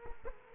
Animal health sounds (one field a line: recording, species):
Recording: mosquito wingbeat signal from an infrared sensor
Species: Culex quinquefasciatus